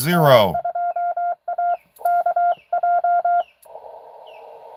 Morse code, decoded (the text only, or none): N2AKJ